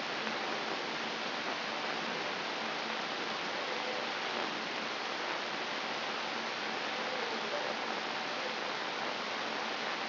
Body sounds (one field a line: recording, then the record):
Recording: brain microelectrode recording played as sound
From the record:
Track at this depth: inside the subthalamic nucleus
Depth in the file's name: 5.934 mm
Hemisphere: right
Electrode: 3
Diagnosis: Parkinson's disease